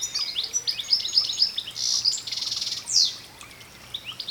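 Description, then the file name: European goldfinch giving rapid, tinkling high twitters mixed with short buzzy notes, a chattering stream that fades toward the end. "Carduelis carduelis"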